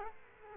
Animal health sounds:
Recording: mosquito wingbeat signal from an infrared sensor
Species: Culex quinquefasciatus

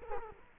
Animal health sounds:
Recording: mosquito wingbeat signal from an infrared sensor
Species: Culex quinquefasciatus

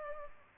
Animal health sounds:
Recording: mosquito wingbeat signal from an infrared sensor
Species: Culex pipiens

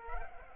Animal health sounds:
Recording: mosquito wingbeat signal from an infrared sensor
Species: Culex pipiens

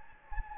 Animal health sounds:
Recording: mosquito wingbeat signal from an infrared sensor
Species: Anopheles gambiae

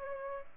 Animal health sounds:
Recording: mosquito wingbeat signal from an infrared sensor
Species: Aedes albopictus

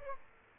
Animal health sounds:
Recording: mosquito wingbeat signal from an infrared sensor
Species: Aedes aegypti

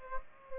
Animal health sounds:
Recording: mosquito wingbeat signal from an infrared sensor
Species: Culex pipiens

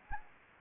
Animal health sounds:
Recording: mosquito wingbeat signal from an infrared sensor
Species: Anopheles gambiae

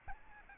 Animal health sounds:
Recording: mosquito wingbeat signal from an infrared sensor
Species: Aedes albopictus

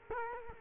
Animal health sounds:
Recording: mosquito wingbeat signal from an infrared sensor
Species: Culex quinquefasciatus

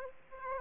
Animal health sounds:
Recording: mosquito wingbeat signal from an infrared sensor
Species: Aedes aegypti

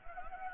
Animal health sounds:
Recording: mosquito wingbeat signal from an infrared sensor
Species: Anopheles gambiae

